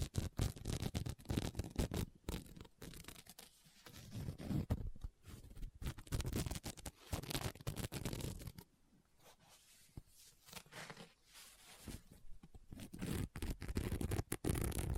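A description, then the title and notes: Scratching and tapping on a book, with quick dense bursts of rough scraping that start and stop irregularly. The busiest stretches fill the first eight seconds and return near the end, while a quieter patch around nine to twelve seconds leaves softer, sparser strokes. Book Tapping, Scratching, Page Turning.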